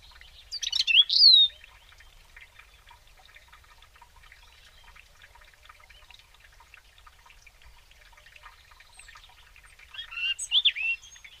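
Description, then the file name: European robin with two brief, high, twisting warbled phrases, one at the start and one near the end, separated by a long quiet gap filled with faint chirps. "Erithacus rubecula"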